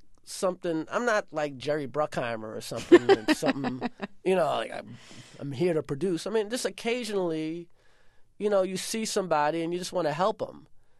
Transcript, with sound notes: It's not, like, something - I'm not, like, Jerry Bruckheimer or something...
(LAUGHTER)
...you know, something, you know, like, I'm here to produce. I mean, just occasionally, you know, you see somebody, and you just want to help them.